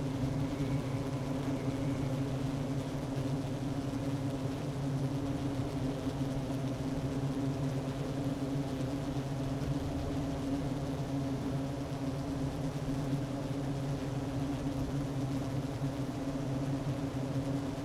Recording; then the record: honeybee colony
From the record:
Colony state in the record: active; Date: 12 June 2018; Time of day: 11:20